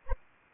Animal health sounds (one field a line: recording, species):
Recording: mosquito wingbeat signal from an infrared sensor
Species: Anopheles arabiensis